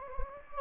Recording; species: mosquito wingbeat signal from an infrared sensor; Anopheles gambiae